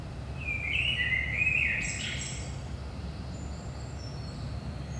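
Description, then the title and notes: Common blackbird giving one mellow whistled phrase that slides up and down, then a thin high twitter, over a constant low rumble. Blackbird at 5 am, early morning, in Saint-Gilles, Belgium; recorded with DPA 4060 microphones in AB position into a Zoom F3. "Saint-Gilles, Belgique - 5am Blackbird. Blackbird in the morning. Merle au petit matin"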